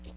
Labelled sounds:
Magnolia Warbler flight call

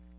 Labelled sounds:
Magnolia Warbler flight call

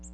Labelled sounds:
Ovenbird flight call

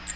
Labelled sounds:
Cape May Warbler flight call

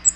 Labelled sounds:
Cape May Warbler flight call

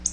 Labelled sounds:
Black-throated Blue Warbler flight call

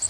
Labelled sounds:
Connecticut Warbler flight call

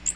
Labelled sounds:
Magnolia Warbler flight call

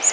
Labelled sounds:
Blue-winged Warbler flight call

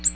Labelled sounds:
Ovenbird flight call

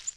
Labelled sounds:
Yellow-rumped Warbler flight call

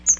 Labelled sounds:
Chestnut-sided Warbler flight call

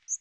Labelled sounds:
Northern Waterthrush flight call

